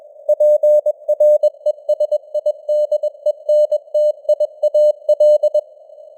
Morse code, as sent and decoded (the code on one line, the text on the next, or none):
.--. .-. . ... .. -.. . -. - .. .- .-..
PRESIDENTIAL